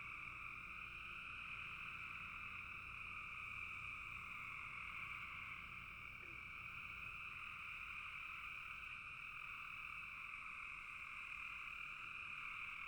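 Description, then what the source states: Frog chorus, a continuous droning trill from many callers blending into one even, unchanging wall of sound. Several frogs calling together in a bog.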